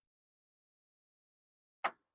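A plastic dust cover is set into the three indentations on the rear of the headlight housing of a Mercedes ML / GL (W166) during an HID bulb replacement, then twisted into place. After near silence, a single sharp click sounds at 1.8 s, and the cover is seated.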